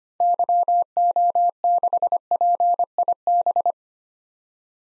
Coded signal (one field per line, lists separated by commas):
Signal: Morse code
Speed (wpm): 25 wpm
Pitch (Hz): 700 Hz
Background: none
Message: YO6PIB